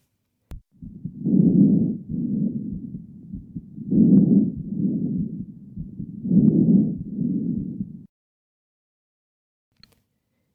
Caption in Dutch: Normaal ademgeruis. Dat de inspiratie korter is dan de expiratie. In ideale gevallen is de inspiratie 1/3 van de tijd en de expiratie 2/3 van de tijd. Ook dat de inspiratie veel luider is dan de expiratie.